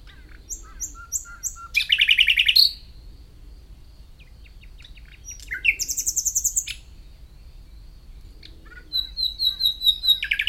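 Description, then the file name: Common nightingale song: high repeated whistles lead into a loud pulsed trill, later a high rattling series, ending with rapid repeated ringing notes. "Luscinia megarhynchos"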